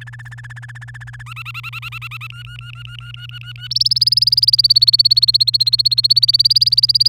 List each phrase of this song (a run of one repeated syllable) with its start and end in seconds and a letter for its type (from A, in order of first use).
0.01-1.23 A, 1.26-2.27 B, 2.30-3.67 C, 3.71-7.08 D